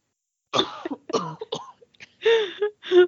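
A run of several real coughs in quick succession from an adult who has had a cough for about a month.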